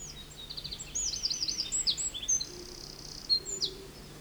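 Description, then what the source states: Eurasian Wren song, a powerful run of high, rapid trills and sharp twittering notes. Song sounds powerful from among brushwood, fallen trees and stones in a brushy spruce-swamp hollow with a stream, Finland; Finland's second smallest bird.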